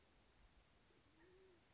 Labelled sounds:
Band-tailed Pigeon (Patagioenas fasciata)
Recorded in Sonoma County, California

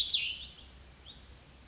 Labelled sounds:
Cassin's Vireo (Vireo cassinii)
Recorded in Sonoma County, California

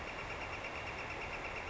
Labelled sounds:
Northern Flicker (Colaptes auratus)
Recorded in Sonoma County, California

